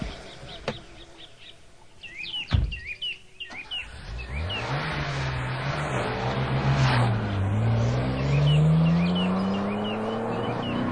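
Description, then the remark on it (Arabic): A luxury car's engine revs up and accelerates hard while racing on a highway, its rising whine climbing in pitch over several seconds, with birds chirping faintly at the start and a sharp thump early on. “وإذا بهم يمشون في طريق من الطرق السريعة.”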